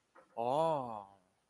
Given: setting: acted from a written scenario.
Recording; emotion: vocal sound without words; realization